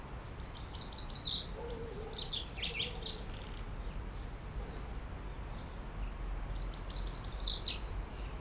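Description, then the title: Common chaffinch singing in two bursts of chirpy phrases, with a low hum in the background. Singing in a tree while preening, Aix-les-Bains, France. "30 Rue Eugène Fert, Aix-les-Bains, France - Pinson des arbres"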